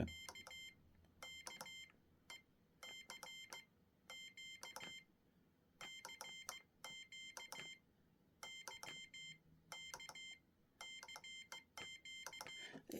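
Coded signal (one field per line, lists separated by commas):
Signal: Morse code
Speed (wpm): 16 wpm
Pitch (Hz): 3150 Hz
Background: none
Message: K K E C Q CQ Y K CQ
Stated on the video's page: Topbytes Morse Trainer, with a chrome CW paddle.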